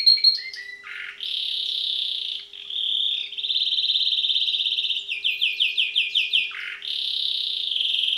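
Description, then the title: Domestic canary song mixing short chirps and a falling note with long steady trills and a run of quick repeated swept notes. Male Belgian canary singing a lot; canary training to warm up a young bird within 30 minutes. "Canary Training Esquente Seu Filhote E Canario Belga Em 30 Minutos Macho Cantando Muito"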